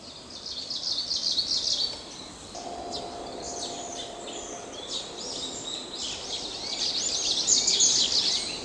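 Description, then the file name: Kamchatka leaf warbler, repeated high rattling trill phrases; a steady lower hum runs briefly through the middle. Recorded on 20 May 2021. "20210520 オオムシクイ"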